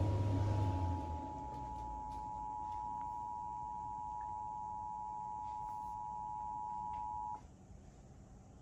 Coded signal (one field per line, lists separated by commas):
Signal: Emergency Alert System (SAME) tones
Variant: 853 and 960 Hz attention tone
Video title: Pennsylvania RMT on KYW-DT1 [EAS #1,757]